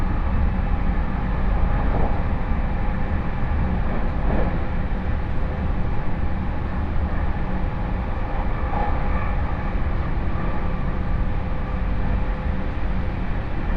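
A train ride on the Chuo West Line, with a steady, dense rumble of the moving carriage filling the low end throughout. Faint steady tones hum above it, and brief clatters from the wheels and rails come through near the 2, 4 and 9 second marks.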